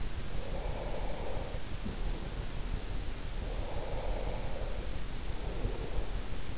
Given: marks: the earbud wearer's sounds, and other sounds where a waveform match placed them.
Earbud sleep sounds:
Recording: sounds in sleep by an in-ear microphone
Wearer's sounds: breath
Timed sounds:
0.49-2.43 s: breath
3.34-6.28 s: breath

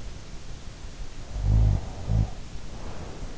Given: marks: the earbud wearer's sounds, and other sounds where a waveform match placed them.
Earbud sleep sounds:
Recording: sounds in sleep by an in-ear microphone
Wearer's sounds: snoring breath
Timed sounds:
1.10-3.10 s: snoring breath

